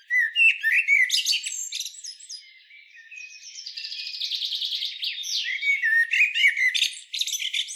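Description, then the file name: Common blackbird giving loud, sharp chinking and squeaky notes, a softer rapid chattering stretch in the middle, then more abrupt high chirps. "Turdus merula"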